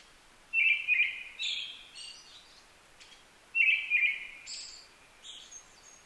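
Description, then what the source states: Brown-headed thrush gives two whistled phrases three seconds apart, each a rolling low whistle followed by higher, fading buzzy notes. Recorded 15 May 2010 at 18:56.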